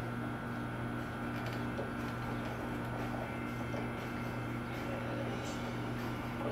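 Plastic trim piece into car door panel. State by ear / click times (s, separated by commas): not seated / none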